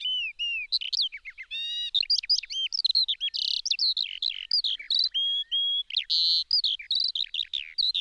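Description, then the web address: Eurasian skylark singing a continuous, rapid medley of high warbled notes, buzzy rattles and sliding whistles, tumbling on without a break. "Sanglarke"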